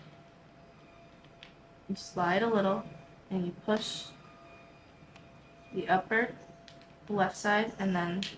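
Someone talks while the second plastic replacement lens is slid into an Oakley Necessity OO9122 sunglass frame and pushed at its upper left side, with only faint handling ticks between the words. The lens has not clicked or seated in the frame yet.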